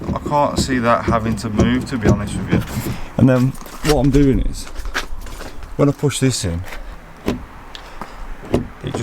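Someone talks while troubleshooting a keyless entry fault on a car, pushing in the latch part of the door handle mechanism, which should lock into place. Brief sharp knocks and rattles follow from about 4.9 s to 9.0 s, but the part does not stay locked and pops back up. Nothing has seated or clicked yet.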